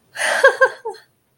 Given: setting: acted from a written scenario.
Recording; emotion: vocal sound without words; amusement